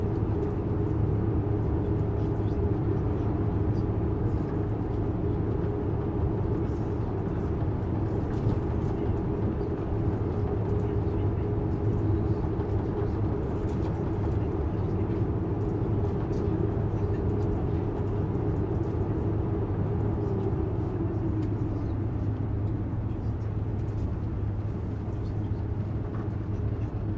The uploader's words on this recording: Air Plane White Noise - ASMR. The humming of the air planes engines.